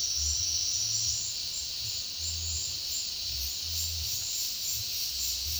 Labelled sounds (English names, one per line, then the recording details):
none
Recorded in dense forest near Puerto Asís, Putumayo, Colombia, on 19 February 2024 at 11:00
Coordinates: 0.496, -76.326
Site G6383